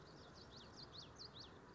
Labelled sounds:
Common Yellowthroat (Geothlypis trichas)
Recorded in Sonoma County, California

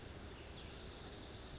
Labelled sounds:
Western Flycatcher (Empidonax difficilis)
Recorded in Sonoma County, California

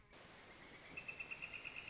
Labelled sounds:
Northern Flicker (Colaptes auratus)
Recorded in Sonoma County, California

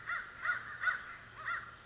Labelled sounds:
American Crow (Corvus brachyrhynchos)
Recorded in Sonoma County, California

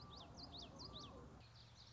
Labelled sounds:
Common Yellowthroat (Geothlypis trichas)
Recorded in Sonoma County, California

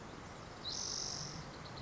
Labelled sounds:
Spotted Towhee (Pipilo maculatus)
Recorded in Sonoma County, California

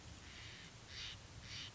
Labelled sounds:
Steller's Jay (Cyanocitta stelleri)
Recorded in Sonoma County, California

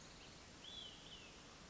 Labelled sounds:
Olive-sided Flycatcher (Contopus cooperi)
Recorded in Sonoma County, California

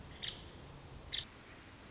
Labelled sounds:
Nuttall's Woodpecker (Dryobates nuttallii)
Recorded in Sonoma County, California

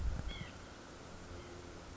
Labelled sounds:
White-breasted Nuthatch (Sitta carolinensis)
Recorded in Sonoma County, California

